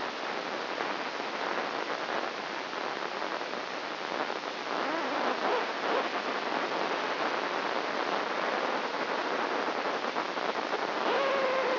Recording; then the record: brain microelectrode recording played as sound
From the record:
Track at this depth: outside the subthalamic nucleus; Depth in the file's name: 1.406 mm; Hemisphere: right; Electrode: 2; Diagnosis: Parkinson's disease